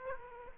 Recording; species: mosquito wingbeat signal from an infrared sensor; Aedes aegypti